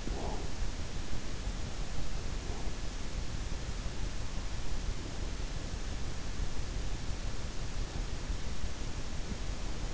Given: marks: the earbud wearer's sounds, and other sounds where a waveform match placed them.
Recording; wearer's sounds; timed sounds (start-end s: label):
sounds in sleep by an in-ear microphone; breath
0.00-0.83 s: breath